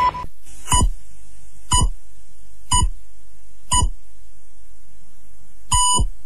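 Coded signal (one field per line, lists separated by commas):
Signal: radio time signal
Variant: Portuguese hourly time signal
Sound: four short beeps a second apart, a skipped second, then one longer beep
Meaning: The final longer pip marks the exact hour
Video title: Sinal Horário (2010) (UPDATED)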